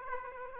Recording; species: mosquito wingbeat signal from an infrared sensor; Aedes aegypti